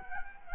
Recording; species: mosquito wingbeat signal from an infrared sensor; Culex quinquefasciatus